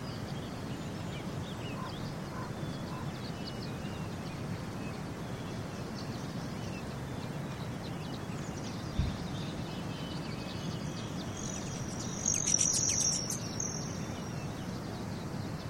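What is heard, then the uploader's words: Outdoors in 11 Mile Canyon, a steady low rumble fills the air, like water or wind. Around twelve seconds a high, thin bird call chirps briefly above it, and a soft thump lands near nine seconds. 11 Mile Canyon.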